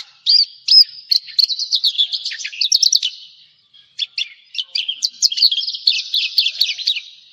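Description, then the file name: Javan bush lark singing bursts of rapid high chattering notes and whistles, with a near-silent pause around three to four seconds. "suara burung branjangan jawa"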